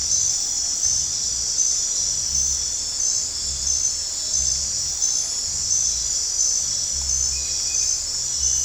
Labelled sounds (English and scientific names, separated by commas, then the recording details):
none
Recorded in dense forest near Puerto Asís, Putumayo, Colombia, on 15 December 2024 at 03:00
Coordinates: 0.499, -76.324
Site G045